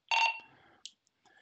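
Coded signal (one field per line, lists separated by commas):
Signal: roger beep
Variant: Motorola P25 talk permit tone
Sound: three very quick high beeps run together, then a click and quiet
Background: handling click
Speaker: so that's some that's this beep when you key the radio up that's some that's the triple beat that you get that you would typically hear if you were working on a p25 trunked system um so that tone is called the talk permit tone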